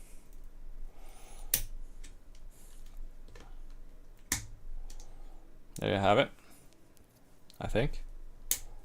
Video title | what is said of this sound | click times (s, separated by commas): FIXING THIS GHETTO PC BUILD XD #shorts #pcbuilding #multistreaming | There we go. Click. | 8.5 s